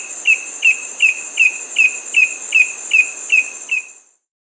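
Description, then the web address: Bamboo antshrike giving a steady series of short, clipped whistled notes, about ten evenly spaced over four seconds, over a continuous high insect drone. Recorded in Peru. "Natures Songs S America Birds of the Amazon 2. Bamboo Antshrike (Cymbilaimus sanctaemariae), Peru"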